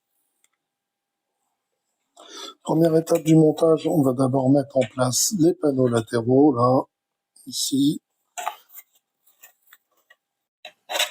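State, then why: Not seated. Someone talks while handling the plastic side panels for the trunk of a 1/6 scale Ford Mustang Shelby GT 500 model car, positioning them before pressing them into place. A few short handling taps are heard toward the end, but nothing has clipped in yet.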